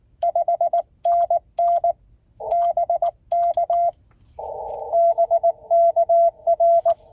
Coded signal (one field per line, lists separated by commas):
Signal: Morse code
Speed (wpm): 19 wpm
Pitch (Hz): 690 Hz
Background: none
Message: 5NN BK BKR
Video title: CW POTA Activation from Upton Morgan State Forest